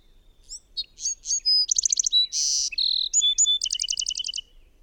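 Bird song: a quick sequence of thin slurred whistles, pulsing trills and a rasping buzz, ending in a rapid series of repeated high notes.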